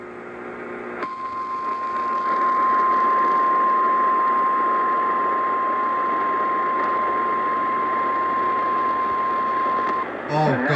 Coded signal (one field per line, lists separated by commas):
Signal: Emergency Alert System (SAME) tones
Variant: 1050 Hz attention tone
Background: speech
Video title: MID SOUTH WRECKAGE - EAS Alerts From 3/29/25 - 3/31/25 (EAS #3595-3639)